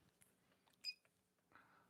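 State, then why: Not seated. An attachment or bit is pushed into a nail tool handpiece to re-seat it after it was not snapped in properly at the start. Faint handling taps sound at about 0.2 s, a brief bright tonal ring peaks near 0.9 s, and a soft scrape comes at 1.6 s. The part has not seated or clicked yet.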